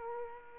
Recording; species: mosquito wingbeat signal from an infrared sensor; Aedes aegypti